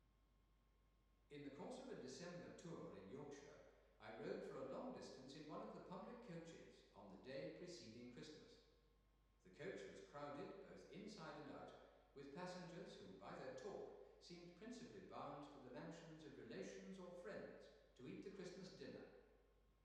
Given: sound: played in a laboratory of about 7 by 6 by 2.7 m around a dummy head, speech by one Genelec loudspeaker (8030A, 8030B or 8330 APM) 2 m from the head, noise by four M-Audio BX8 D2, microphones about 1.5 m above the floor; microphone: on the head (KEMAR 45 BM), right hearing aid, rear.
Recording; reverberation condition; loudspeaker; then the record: male speech in English; high; 150 degrees to the left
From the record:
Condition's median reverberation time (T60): about 1300 ms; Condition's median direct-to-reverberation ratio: about -4.0 dB